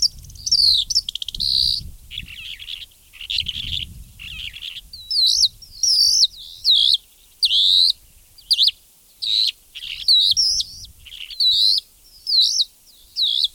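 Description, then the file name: Calandra lark song, a rapid scratchy stream of high twittering and chirping notes with brief pauses, some low rumbling in the background. "alouette calandre"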